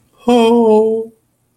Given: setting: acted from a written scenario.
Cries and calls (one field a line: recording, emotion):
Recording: vocal sound without words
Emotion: sadness